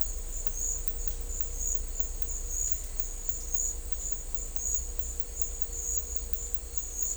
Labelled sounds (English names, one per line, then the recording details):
none
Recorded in dense forest near Puerto Asís, Putumayo, Colombia, on 16 December 2024 at 11:00
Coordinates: 0.500, -76.322
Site G053